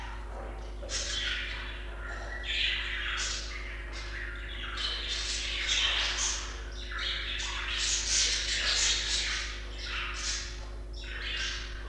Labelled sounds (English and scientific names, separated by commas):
Budgerigar (Melopsittacus undulatus) call